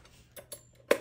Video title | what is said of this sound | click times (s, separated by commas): Open box 📦 เปิดกล่อง ເປິດກ່ອງ | know how you do it you just press it until you hear the click yes oh wait cool | 0.9 s